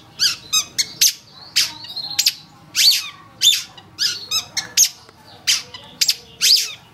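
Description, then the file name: Long-tailed shrike song of squeaky, harsh notes and slurred whistles mixed in a rapid, irregular sequence. Indonesian cendet song; training recording for songbird keepers, a master track. "cendet-master -omkicau"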